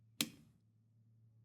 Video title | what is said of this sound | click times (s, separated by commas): THE WILCOX G70 NVG Mounting Kit | When it's seated correctly and locked in, you'll hear an audible click. | 0.2 s